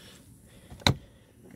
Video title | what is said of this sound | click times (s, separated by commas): How to remove door trim | this back part will snap right in you got to put it in that way or else it's gonna fight | 0.9 s